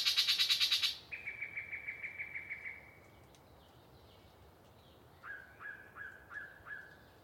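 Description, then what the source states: Yellow-breasted chat song opening with a loud rapid chatter, then a steady run of clipped notes, and after a pause a series of five short downslurred whistles. Long pre-dawn song by one very chatty bird in deciduous cover near the microphones.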